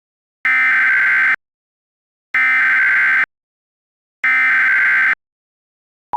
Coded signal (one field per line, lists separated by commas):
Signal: Emergency Alert System (SAME) tones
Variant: header bursts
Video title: EAS Mock. IABH IS BANNED